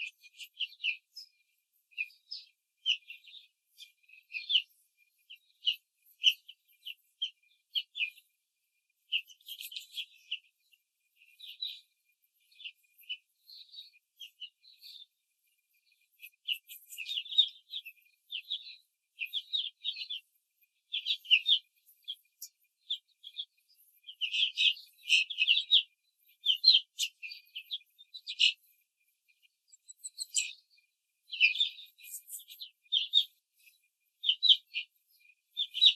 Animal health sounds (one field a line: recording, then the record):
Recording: young laying hens in a cage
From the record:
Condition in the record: control cage, before the stress test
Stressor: none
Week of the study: 4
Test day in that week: 1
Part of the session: 3